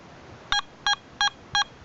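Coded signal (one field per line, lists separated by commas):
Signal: beep code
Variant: Minelab metal detector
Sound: four short, buzzy electronic beeps in quick, even succession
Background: quiet room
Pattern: 4 short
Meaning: Four beeps at switch-on mean the batteries are good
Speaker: we'll get the battery beeps to establish the status of our batteries. Okay, we've got 4 beeps, which means we've got good batteries.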